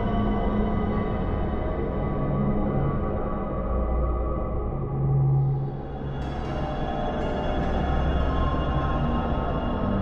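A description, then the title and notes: A dark horror ambience of dense, low rumbling drone that holds steady, with humming tones shifting slowly underneath and a faint metallic ringing above. Around the six-second mark a thin, brighter shimmer joins in and lingers to the end. Royalty Free Horror Ambience.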